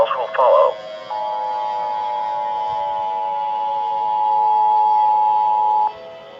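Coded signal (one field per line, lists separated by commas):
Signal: Emergency Alert System (SAME) tones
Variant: 853 and 960 Hz attention tone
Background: speech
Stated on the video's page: Simulated EAS scenario about COVID-19, with a Speechify text-to-speech voice.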